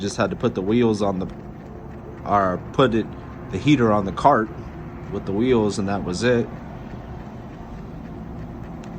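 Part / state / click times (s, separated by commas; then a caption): propane heater onto its wheeled cart / seated / 8.8 s. A John Deere HR-18R propane heater body is pushed down onto its wheeled cart mount while someone talks over a low steady background. A short click at 8.8 s marks the heater snapping into place on the cart, seated and fastened down.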